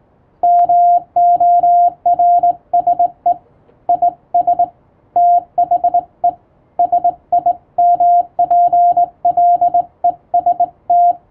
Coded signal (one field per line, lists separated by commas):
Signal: Morse code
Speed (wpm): 20 wpm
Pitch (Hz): 700 Hz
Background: radio noise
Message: MORSE IS THE SIMPLEST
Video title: 【URGENT POST】Thank you ! Over 1000 subscribers ! I'll say thank you in Morse code !